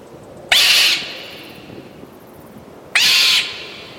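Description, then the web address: Marmot calls, two loud sharp high calls about two and a half seconds apart, each lasting about half a second, over faint background noise. "doublenight marmot"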